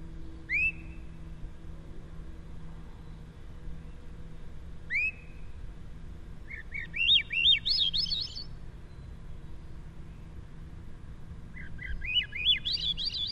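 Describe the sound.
Swainson's thrush song: two short whistled notes, then two spiraling upward flute-like phrases climbing in pitch, with a steady low hum underneath.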